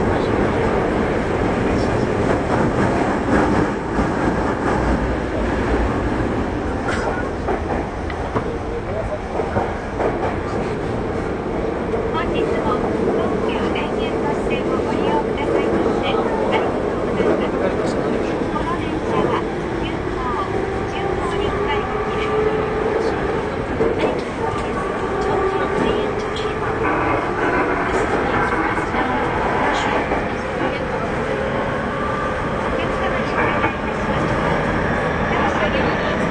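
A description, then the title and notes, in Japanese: A Tobu 30000 series train running between Shibuya and Azamino, with a steady, dense roar of wheels and rumble throughout. From about fifteen seconds on, a motor whine climbs gradually in pitch as the train speeds up, and a voice is faintly mixed in. 東武30000系 渋谷〜あざみ野。車体20m両開き4ドア。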